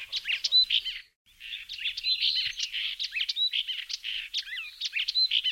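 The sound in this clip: Bird giving lively high chirps and squeaks, breaking off briefly after one second, then resuming with fast twittering and a short falling whistle.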